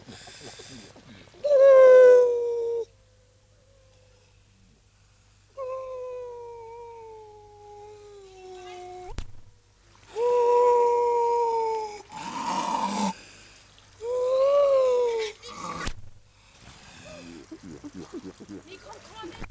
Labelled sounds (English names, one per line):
Grey Seal